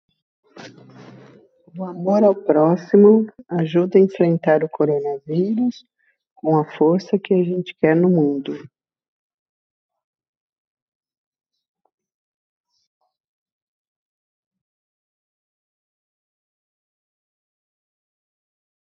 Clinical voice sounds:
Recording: spoken sentence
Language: Brazilian Portuguese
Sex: female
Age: 50 to 59 years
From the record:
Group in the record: control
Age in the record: 57 years

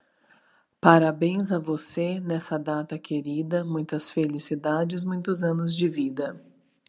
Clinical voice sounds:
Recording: short text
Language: Brazilian Portuguese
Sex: female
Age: 30 to 39 years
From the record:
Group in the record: control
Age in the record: 39 years

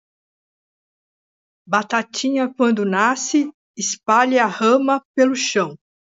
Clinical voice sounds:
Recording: short text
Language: Brazilian Portuguese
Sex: female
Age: 50 to 59 years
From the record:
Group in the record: control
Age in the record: 53 years

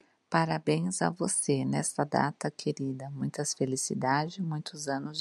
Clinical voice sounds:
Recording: short text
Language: Brazilian Portuguese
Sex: female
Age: 40 to 49 years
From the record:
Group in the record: control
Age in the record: 40 years

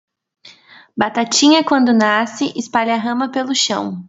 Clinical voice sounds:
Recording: short text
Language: Brazilian Portuguese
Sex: female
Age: 20 to 29 years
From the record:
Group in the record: control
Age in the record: 23 years

